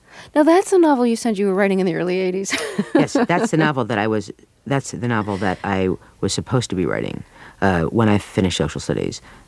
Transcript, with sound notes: Now, that's the novel you said you were writing in the early '80s. (laughs)
Yes, that's the novel that I was -- that's the novel that I was supposed to be writing when I finished "Social Studies."